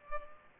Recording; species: mosquito wingbeat signal from an infrared sensor; Culex pipiens